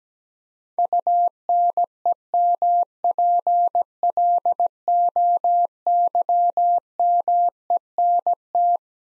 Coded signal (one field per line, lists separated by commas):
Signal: Morse code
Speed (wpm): 17 wpm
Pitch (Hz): 700 Hz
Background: none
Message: UNEMPLOYMENT